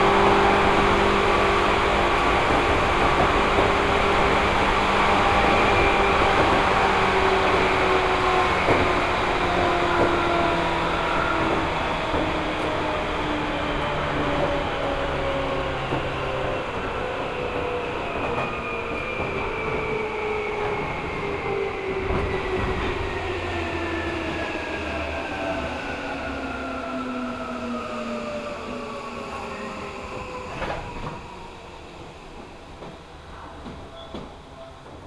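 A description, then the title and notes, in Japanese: A Seibu Ikebukuro Line local train runs with a steady rumble and rushing wheel noise. Whining motor tones glide slowly downward as the train decelerates, with occasional clicks and knocks from the rails. The sound gradually quiets toward the end. 西武池袋線普通 池袋→清瀬。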